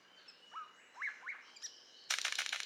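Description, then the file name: Golden bowerbird gives three quick upslurred whistled notes, then breaks into a loud, harsh, pulsing rattle. "Prionodura Newtoniana"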